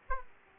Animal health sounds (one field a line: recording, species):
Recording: mosquito wingbeat signal from an infrared sensor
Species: Aedes aegypti